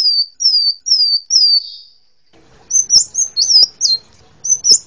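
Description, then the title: Hummingbird calls: four high, thin, downslurred whistles, a short gap, then higher squeaky chirps mixed with faint clicks. "kolibri"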